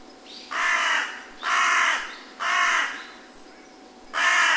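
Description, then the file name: Carrion crow giving four harsh, hoarse caws, the first three about one per second and the last after a longer gap, with a faint thin chirp in the background. "hasiboso"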